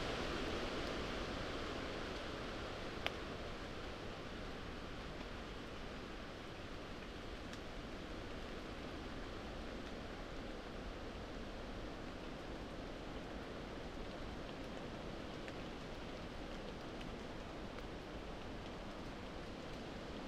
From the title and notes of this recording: An hour under moorland trees (rainy and sleep safe). The flurries of rain. Blowing and sprinkling the falling raindrops over wide, waxy, sheltering leaves.